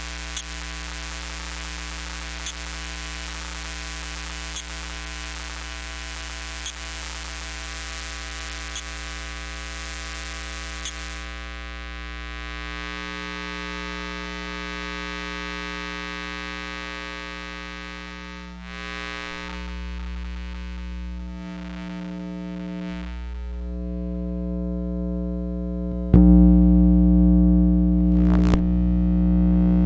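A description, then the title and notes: Electromagnetic hum from household electronics, a steady low drone with stacked buzzing tones and a hissy, static-like wash that drops away around eleven seconds. The tones shift and thin out midway, then a louder, deeper throbbing hum swells in near twenty-six seconds. Electromagnetic Listening. Using the Electrosluch Mini City from LOM (link below) I went around the house just recording things. Other than playing with the stereo effect of the device there has been no edits or additional processing to the recording.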